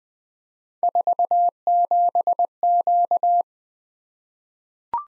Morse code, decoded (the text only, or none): 47Q